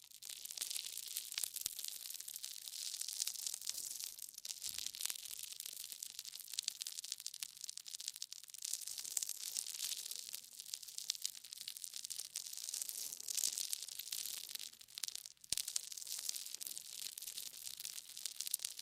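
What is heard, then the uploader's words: An ASMR ear massage: continuous dense, bright rustling and crinkling friction with rapid scratchy texture throughout. Occasional sharper rubbing bursts stand out, around 5 and 15 seconds, with little low sound beneath the steady crackle. ASMR Intense Ear Massage. (No Talking).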